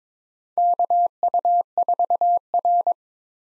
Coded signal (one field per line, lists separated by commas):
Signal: Morse code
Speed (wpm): 22 wpm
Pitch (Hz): 700 Hz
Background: none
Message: KU4R